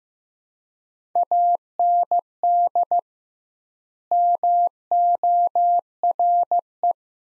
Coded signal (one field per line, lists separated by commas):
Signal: Morse code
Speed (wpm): 15 wpm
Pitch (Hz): 700 Hz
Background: none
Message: AND MORE